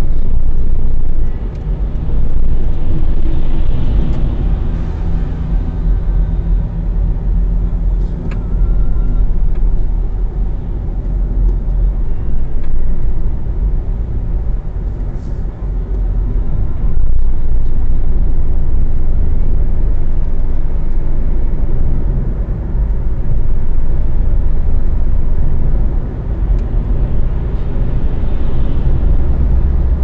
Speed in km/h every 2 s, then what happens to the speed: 43, 45, 47, 44, 42, 41, 42, 44, 43, 47, 52, 53, 56, 57, 59.
10-16 steady at about 42. 16-30 speeds up to 59.